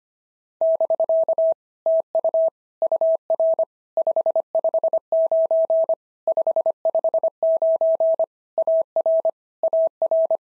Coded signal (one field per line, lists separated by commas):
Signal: Morse code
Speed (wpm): 26 wpm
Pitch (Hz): 650 Hz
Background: none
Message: <BK> TU UR 559 559 AR AR